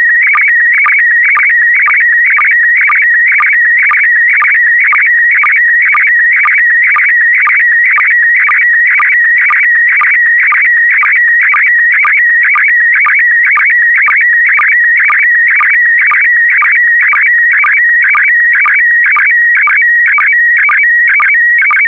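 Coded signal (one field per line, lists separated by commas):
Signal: SSTV (slow-scan television)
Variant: PD120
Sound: continuous warbling, chirping tone with a steady rhythmic click about twice a second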